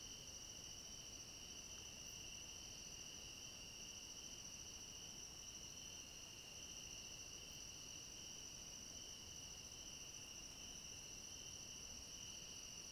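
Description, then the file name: Many crickets trill together in a sustained high drone, unchanging across the whole stretch, with soft low hiss. Chorus of crickets at night. "Coro de grilos a noite com cachorro longe"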